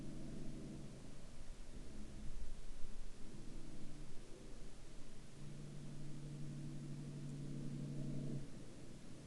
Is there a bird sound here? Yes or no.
no